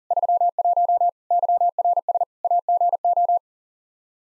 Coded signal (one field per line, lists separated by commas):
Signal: Morse code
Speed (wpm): 40 wpm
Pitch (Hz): 700 Hz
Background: none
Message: 31 YRS AGO